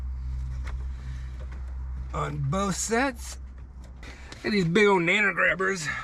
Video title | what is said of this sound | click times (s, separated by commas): The Highlander Gets Remote Start and a Dash Cam!!! | push it till you hear the click | 0.7 s, 1.5 s